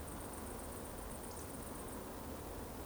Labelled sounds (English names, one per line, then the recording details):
Eurasian Woodcock whistle
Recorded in Baden-Württemberg, Germany, on 23 June 2020 at 20:34 UTC
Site 14569, 102 m above sea level